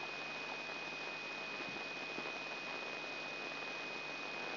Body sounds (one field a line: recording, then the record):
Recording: brain microelectrode recording played as sound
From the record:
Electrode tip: inside the subthalamic nucleus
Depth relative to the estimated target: 0 mm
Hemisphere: right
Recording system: AlphaMap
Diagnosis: Parkinson's disease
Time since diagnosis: 6 years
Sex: female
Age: 40 years